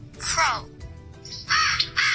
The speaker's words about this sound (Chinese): Crow， 乌鸦嘅声音啦， 系啦。